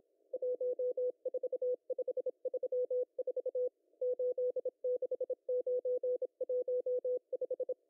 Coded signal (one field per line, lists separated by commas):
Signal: Morse code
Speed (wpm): 26 wpm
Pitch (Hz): 500 Hz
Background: none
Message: 14534 86915